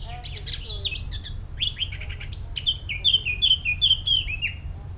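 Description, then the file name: Eurasian blackcap song: quiet twittering and scratchy notes at first, then a bright series of rich, flute-like whistles with downward slurs, over a constant low hum. "Sylvia atricapilla"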